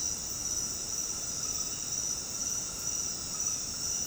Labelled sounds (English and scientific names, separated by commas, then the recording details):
none
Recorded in dense forest near Puerto Asís, Putumayo, Colombia, on 21 February 2024 at 22:00
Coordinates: 0.486, -76.316
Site G6437